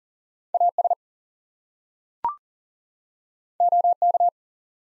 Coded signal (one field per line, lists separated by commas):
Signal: Morse code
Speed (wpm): 40 wpm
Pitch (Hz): 700 Hz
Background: none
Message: AS OK